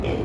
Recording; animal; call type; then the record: contact call of a hoofed animal; pig; closed-mouth grunt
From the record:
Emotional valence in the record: positive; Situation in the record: food and toys in familiar pen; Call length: 0.25 s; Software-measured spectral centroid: 1750 Hz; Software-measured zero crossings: 910 a second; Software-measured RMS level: -24 dBFS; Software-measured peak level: -17 dBFS